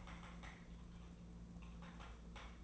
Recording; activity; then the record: daily activity, microphone in the room; typing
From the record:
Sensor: 1